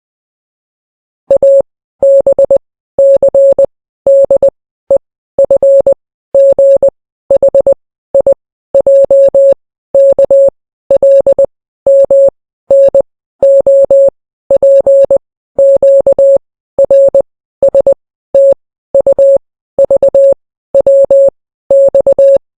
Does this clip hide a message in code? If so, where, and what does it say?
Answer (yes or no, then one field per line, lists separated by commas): yes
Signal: Morse code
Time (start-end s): 1.3-22.4 s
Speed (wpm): 20 wpm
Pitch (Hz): 550 Hz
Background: none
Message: A B C D E F G H I J K L M N O P Q R S T U V W X